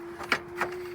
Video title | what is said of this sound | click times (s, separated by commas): Manual rv awning walkthrough | and it locks into place | 0.3 s